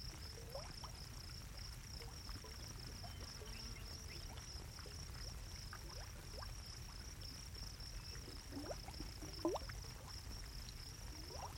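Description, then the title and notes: Crickets chirp in a steady, high pulsing trill throughout, over constant low bubbling and gurgling water. Crickets around a bubbling geothermal pool in a sagebrush desert in the evening; still and peaceful. Recorded by Tim Kahn. "Gently bubbling hot pool with thunder. A bubbling geothermal pool in the middle of a sagebrush desert surrounded by crickets. the crickets are a classic evening sound. Recorded by Tim Kahn. Part of the Music for Sleep project"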